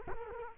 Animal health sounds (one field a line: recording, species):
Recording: mosquito wingbeat signal from an infrared sensor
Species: Culex quinquefasciatus